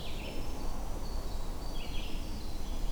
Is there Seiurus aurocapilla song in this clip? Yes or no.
no